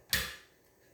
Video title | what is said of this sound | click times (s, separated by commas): 4 of 5: Riser and Stabil-Rizer Clamping System installation and discussion for Gen 4 Pro models | And that's what it did. You heard it click. It drops right on. | 0.1 s